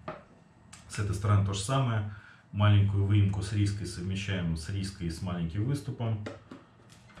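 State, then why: Seated. A filter cartridge is placed on the bayonet port of a UNIX 5100 full-face respirator gas mask, with its small notch aligned to the small lug, and turned clockwise until it locks. A short click at 0.1 s marks the cartridge seating home. Someone then talks through the rest of the clip.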